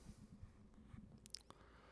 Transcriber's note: deep breath